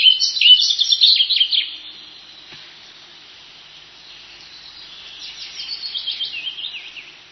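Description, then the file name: Flycatcher song: a loud chattering burst of high chirps, a quieter gap, then a softer run of rapid high notes. "vliegenvanger"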